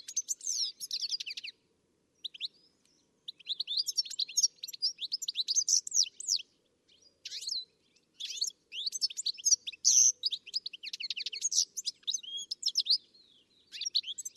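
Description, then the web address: Bird chattering almost continuously with dense, high twittering and squeaky notes, broken by a few brief pauses. "Deverinetal. Bird Only"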